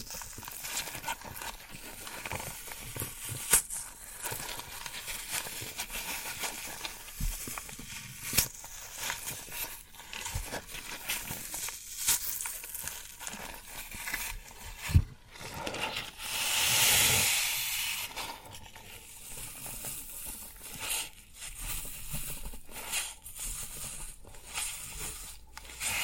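Floral foam being handled, with dense crackling and crunching textures running throughout. Sharp clicks and snaps pop out at irregular moments, notably near 3.5 and 15 seconds, and a brighter hissing swell rises around 16 to 18 seconds before the crumbly crackle resumes.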